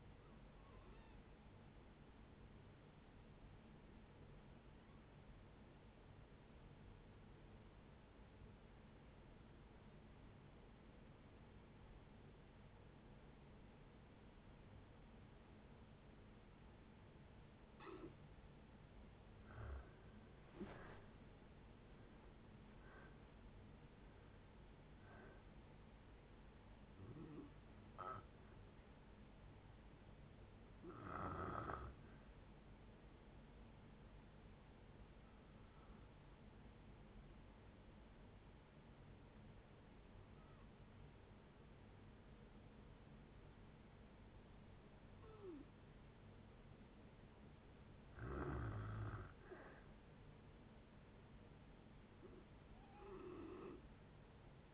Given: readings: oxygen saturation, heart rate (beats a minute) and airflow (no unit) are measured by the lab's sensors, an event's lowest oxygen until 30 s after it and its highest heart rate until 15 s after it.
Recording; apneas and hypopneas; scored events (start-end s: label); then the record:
breathing in sleep by a voice recorder at the bedside; 2
8.00-20.70 s: obstructive apnea (N2, oxygen 95% highest, then 81% lowest, heart rate 62 at the start, 76 highest)
37.00-50.80 s: hypopnea (N2, oxygen 96% highest, then 90% lowest, heart rate 57 at the start, 61 highest)
From the record:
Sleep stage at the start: N2 (light sleep); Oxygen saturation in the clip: 81 to 96%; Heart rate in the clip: 56 to 76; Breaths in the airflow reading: 12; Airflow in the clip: -8.3 to 7.0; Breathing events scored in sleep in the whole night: 496 in 5.4 hours asleep